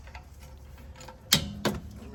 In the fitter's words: there's a click at 41. There.